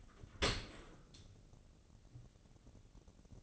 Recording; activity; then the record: daily activity, microphone in the room; open dishwasher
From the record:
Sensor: 4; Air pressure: 1013.2 hPa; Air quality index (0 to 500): 173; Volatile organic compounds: 2 ppm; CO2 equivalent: 1087 ppm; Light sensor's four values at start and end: 76/188/78/80 and 76/187/78/79